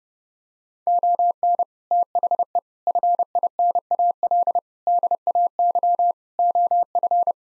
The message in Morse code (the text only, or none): ON THE FINAL DAY OF